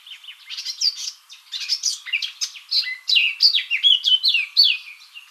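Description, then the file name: Eurasian blackcap song, a rapid, varied warble of fluty and chattering notes that rise and fall quickly, running almost continuously with brief pauses. "Sylvia atricapilla"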